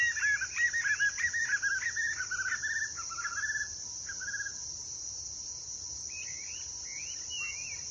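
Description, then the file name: White-eared puffbird song: fast series of clear whistled notes sliding lower in steps for about four seconds, later a few rising slurred notes, with a steady shrill insect buzz throughout. "Canto do joao bobo"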